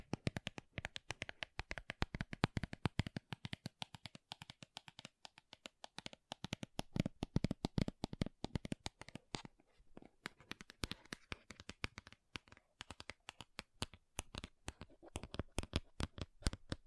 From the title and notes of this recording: ASMR MAKEUP TAPPING & SCRATCHING 3CE Unboxing (No Talking).